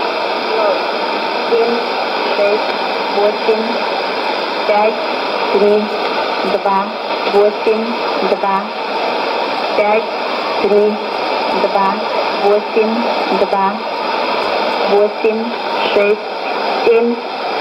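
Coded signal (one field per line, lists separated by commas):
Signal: numbers station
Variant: S06s, Russian female voice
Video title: 28 10 2019 S06s Russian Lady numbers station in Russian to Eu 1215 on 11460 unknown tx site USB+AM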